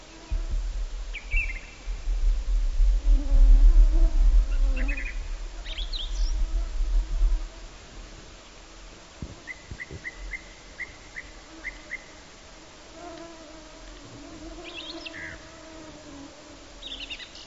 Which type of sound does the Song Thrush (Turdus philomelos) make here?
song